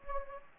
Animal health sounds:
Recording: mosquito wingbeat signal from an infrared sensor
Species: Anopheles gambiae

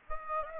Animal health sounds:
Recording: mosquito wingbeat signal from an infrared sensor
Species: Aedes aegypti

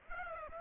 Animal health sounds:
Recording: mosquito wingbeat signal from an infrared sensor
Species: Aedes aegypti

